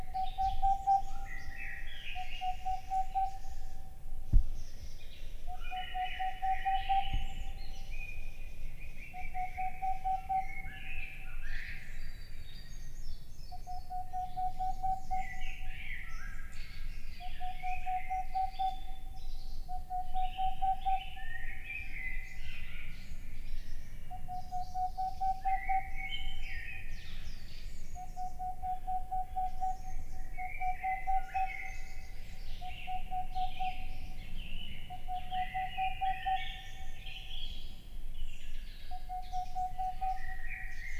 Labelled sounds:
Boreal Owl

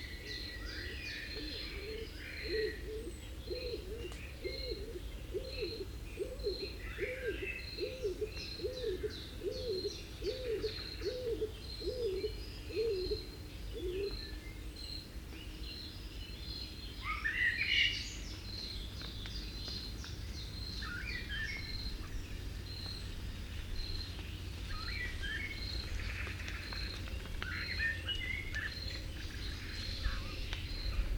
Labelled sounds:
Stock Dove call

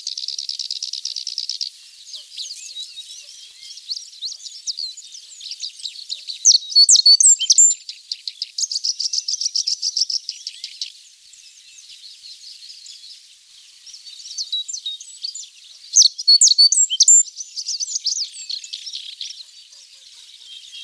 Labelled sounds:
Japanese Reed Bunting song

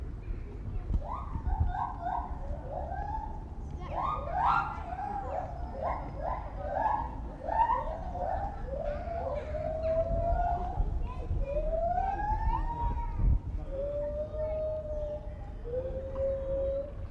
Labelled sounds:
Lar Gibbon call

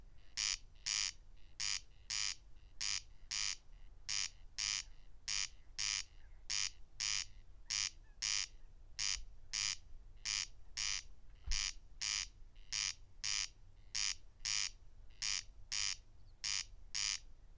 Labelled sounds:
Corn Crake song

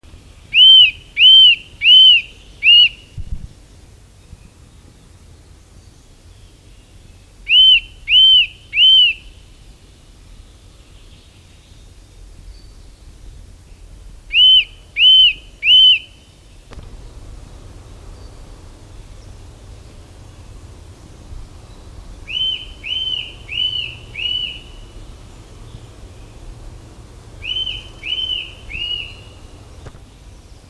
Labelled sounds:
Eurasian Nuthatch song

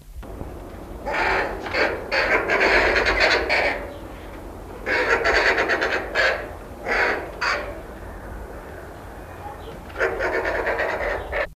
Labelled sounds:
Mountain Caracara call

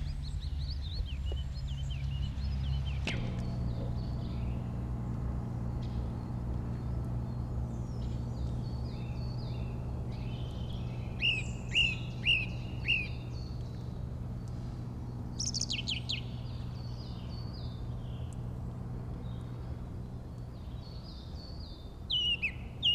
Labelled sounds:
Eurasian Blackcap song

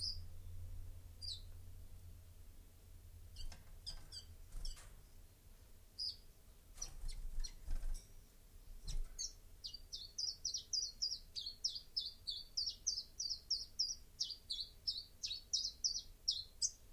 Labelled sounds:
Common Chiffchaff song

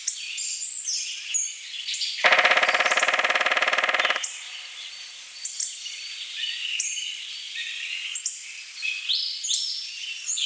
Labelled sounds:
Black Woodpecker

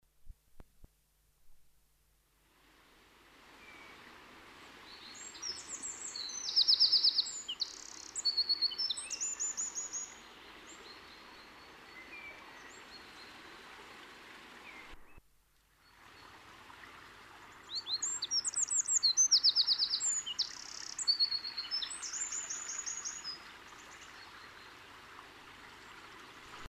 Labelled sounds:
Eurasian Wren song

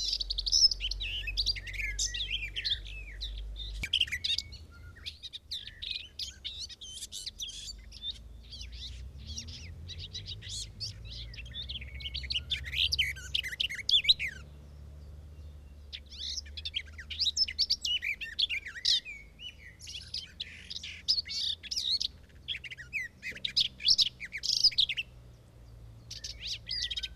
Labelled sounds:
Garden Warbler song

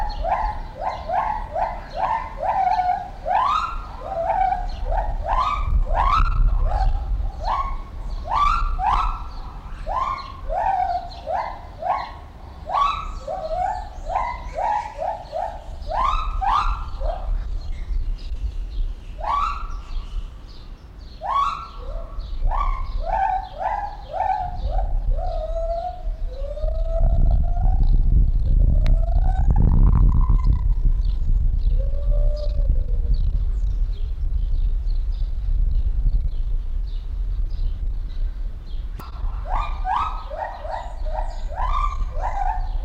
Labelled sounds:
Lar Gibbon

